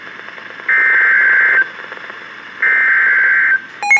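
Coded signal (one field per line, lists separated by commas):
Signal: Emergency Alert System (SAME) tones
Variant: header bursts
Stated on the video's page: Severe Thunderstorm Warning sent over a NOAA Weather Radio station.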